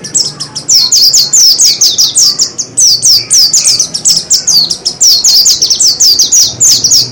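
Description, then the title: Oriental magpie-robin song: a fast run of sharp, high, downslurred chirps with a few brief pauses. "Kicau Kacer"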